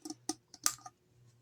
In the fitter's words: and you hear it click just like that.